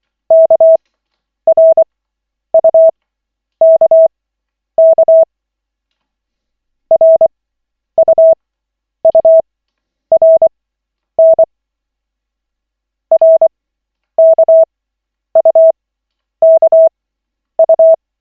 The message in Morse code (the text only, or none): KRUKK RUURN RKUKU